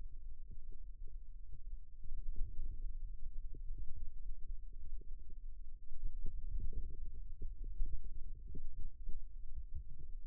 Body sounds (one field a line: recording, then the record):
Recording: forearm muscle sounds (acoustic myography)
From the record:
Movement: wrist flexion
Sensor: system 2, bracelet of six BSWA MPA416 microphones around the upper forearm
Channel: 6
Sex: female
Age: 22 years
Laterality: right